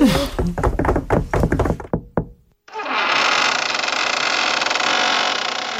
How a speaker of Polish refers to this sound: Kto puka?